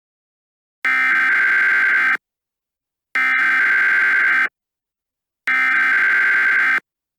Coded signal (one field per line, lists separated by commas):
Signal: Emergency Alert System (SAME) tones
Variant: header bursts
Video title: EAS Scenario #1: Ghostbusters